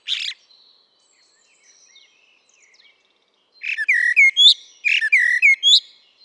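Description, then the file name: Common blackbird singing: a short note, a few seconds of near silence, then two rich fluting phrases laced with thin high squeaks. "Turdus merula"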